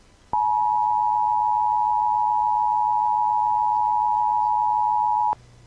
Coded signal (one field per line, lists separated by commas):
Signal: Emergency Alert System (SAME) tones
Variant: 853 and 960 Hz attention tone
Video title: EAS 1151: KS, MO, OK and AR Amber Alert Cancellation Message